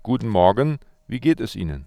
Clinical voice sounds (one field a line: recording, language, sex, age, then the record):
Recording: spoken sentence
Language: German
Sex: male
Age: 30 to 39 years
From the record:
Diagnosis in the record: healthy voice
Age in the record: 38 years